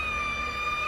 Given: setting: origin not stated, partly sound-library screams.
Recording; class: one-second piece from a danger detection set; woman in danger